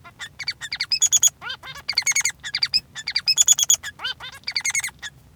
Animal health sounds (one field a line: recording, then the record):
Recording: song of a male Bengalese finch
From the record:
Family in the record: son of father 3